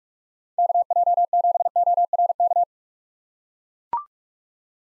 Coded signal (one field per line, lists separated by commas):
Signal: Morse code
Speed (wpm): 42 wpm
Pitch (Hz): 700 Hz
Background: none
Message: KJ7ORK